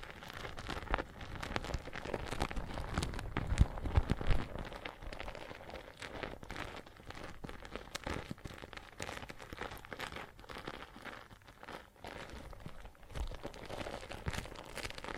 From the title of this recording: Water and Soap Foam Sounds